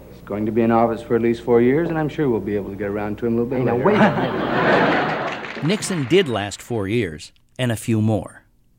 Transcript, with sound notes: He's going to be in office for at least four years, and I'm sure we'll be able to get around to him a little bit later.
(LAUGHTER)
Nixon did last four years and a few more.